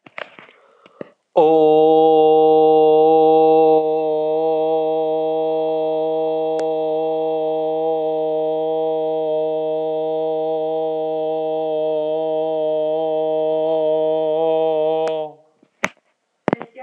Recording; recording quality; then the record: sustained vowel as in boot; excellent, no background noise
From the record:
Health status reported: healthy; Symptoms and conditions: none ticked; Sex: male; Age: 31 years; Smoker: not ticked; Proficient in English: yes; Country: India